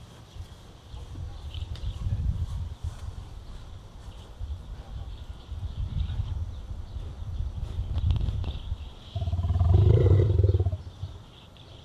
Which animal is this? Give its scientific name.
Ovibos moschatus